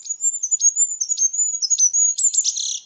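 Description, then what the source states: Goldcrest song, a very thin high-pitched cycling of squeaky notes, ending in a brief jumbled flourish. Very thin, high-frequency squeak that older people may not be able to hear; likened slightly to the warblers' songs.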